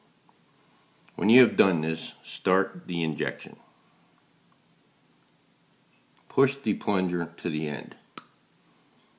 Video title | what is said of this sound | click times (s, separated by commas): XN ClickZip Retractable Safety Syringe, How its works | you can hear the click that is the locking mechanism | 8.2 s